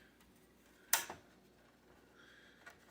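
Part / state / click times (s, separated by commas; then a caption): drive into PC case bay / not seated / none. A drive is gently pushed again into the bay of an HP Slim Factor PC case, giving a sharp knock at about 0.9 s with a quick secondary rattle near 1.1 s and a faint tick around 2.7 s against a quiet background. The drive fails to seat, and nothing has seated or clicked yet.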